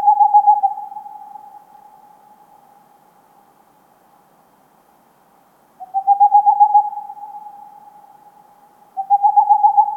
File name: Digiffects Sound Effects Library - Tengmalms Owl